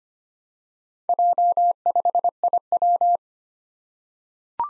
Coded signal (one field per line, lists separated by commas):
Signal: Morse code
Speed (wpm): 25 wpm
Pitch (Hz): 700 Hz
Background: none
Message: J5IW